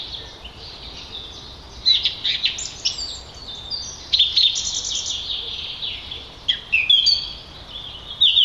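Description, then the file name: Song thrush song, bursts of high chattering and whistled notes separated by short gaps, with continuous background noise. "Turdus philomelos - Song Trush"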